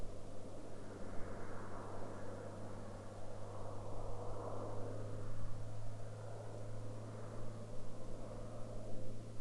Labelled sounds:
aircraft
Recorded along the Dempster Highway, Canada, on 29 March 2019 at 10:35
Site 14

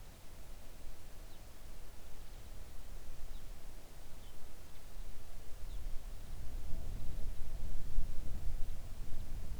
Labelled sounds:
songbird
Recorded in the Arctic National Wildlife Refuge, Alaska, on 3 August 2019 at 05:28
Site 41

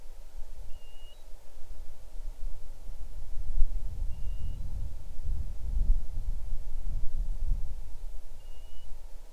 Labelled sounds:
bird, insects
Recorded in the Arctic National Wildlife Refuge, Alaska, on 6 July 2019 at 00:40
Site 39

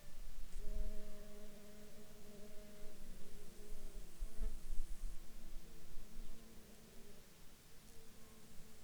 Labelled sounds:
insects
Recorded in Ivvavik National Park, Yukon, on 28 June 2019 at 13:46
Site SINP09

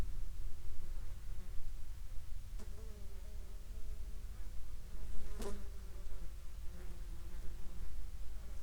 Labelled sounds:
insects
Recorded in the Prudhoe Bay oil fields, Alaska, on 11 July 2021 at 16:14
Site 14

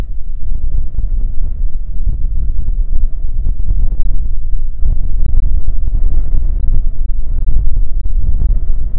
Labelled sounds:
bird, wind
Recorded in the Prudhoe Bay oil fields, Alaska, on 15 May 2019 at 00:01
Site 19

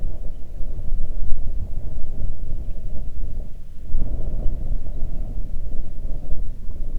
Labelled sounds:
wind
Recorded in the Arctic National Wildlife Refuge, Alaska, on 3 June 2019 at 04:43
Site 37

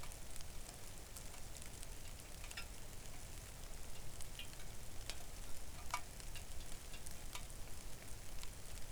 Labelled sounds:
rain
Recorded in the Arctic National Wildlife Refuge, Alaska, on 3 August 2019 at 05:51
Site 41

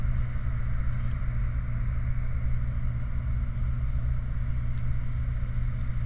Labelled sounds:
bird, vehicle
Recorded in the Prudhoe Bay oil fields, Alaska, on 29 July 2019 at 04:18
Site 29

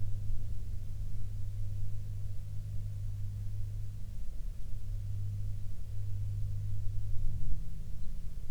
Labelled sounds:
aircraft
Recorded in the Prudhoe Bay oil fields, Alaska, on 10 June 2019 at 16:11
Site 16

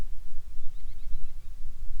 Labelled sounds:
bird, wind
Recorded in the Prudhoe Bay oil fields, Alaska, on 10 July 2019 at 09:17
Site 11

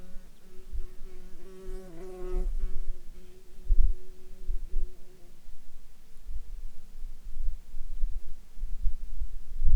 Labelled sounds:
insects
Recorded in Ivvavik National Park, Yukon, on 30 June 2019 at 18:53
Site SINP09

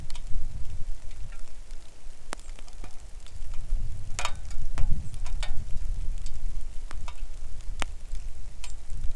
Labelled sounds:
songbird, wind, rain
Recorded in the Arctic National Wildlife Refuge, Alaska, on 3 August 2019 at 10:09
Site 41

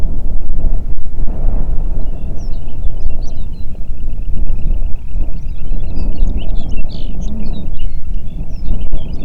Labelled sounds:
songbird, wind
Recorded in the Prudhoe Bay oil fields, Alaska, on 8 June 2019 at 04:19
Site 30

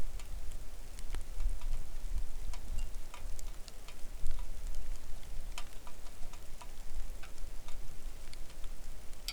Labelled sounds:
wind, rain
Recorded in the Arctic National Wildlife Refuge, Alaska, on 3 August 2019 at 09:45
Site 41

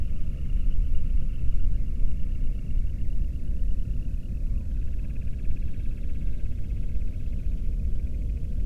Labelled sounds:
bird
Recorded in the Prudhoe Bay oil fields, Alaska, on 13 June 2019 at 00:33
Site 30

